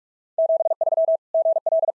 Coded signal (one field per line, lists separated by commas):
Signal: Morse code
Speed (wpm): 46 wpm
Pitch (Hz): 650 Hz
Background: none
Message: 73 GL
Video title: POTA QSO Practice - 45wpm